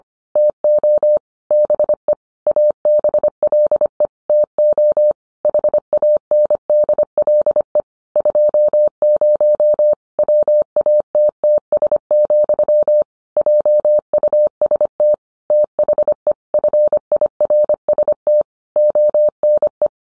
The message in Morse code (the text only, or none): TO BE ABLE TO HANDLE 20 WATTS, JUST THE FIRST ONE